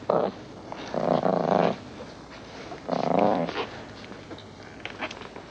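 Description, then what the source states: Lion growling in three rough bursts, each under a second long, separated by quieter gaps. Lion fussing and playing.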